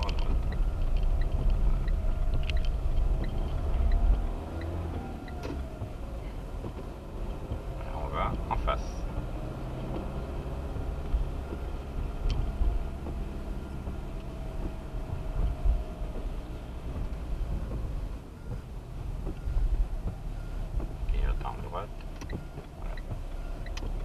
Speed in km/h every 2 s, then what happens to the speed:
18, 20, 22, 27, 32, 36, 34, 33, 29, 19, 17, 20.
0-10 speeds up to 36. 10-18 slows to 19. 18-24 steady at about 19.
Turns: none.